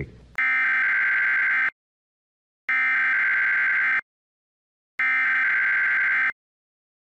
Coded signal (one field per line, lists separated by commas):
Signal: Emergency Alert System (SAME) tones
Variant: header bursts